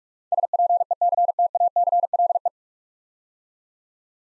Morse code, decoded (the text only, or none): SPECTACLE